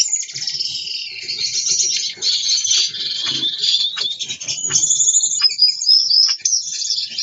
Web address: amadiny gulda sozdanie pary bracnyi tanec. chloebia gouldiae